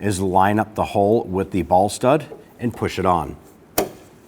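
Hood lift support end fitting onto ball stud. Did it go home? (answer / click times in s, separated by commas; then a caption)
yes / 3.8 s. The clip-in socket end of a new hood lift support (gas strut) for a 2006-2010 Hummer H3 is lined up with the metal ball stud and pushed on while someone talks. A single sharp snap at 3.8 s marks the socket snapping into place on the ball stud, and it is seated.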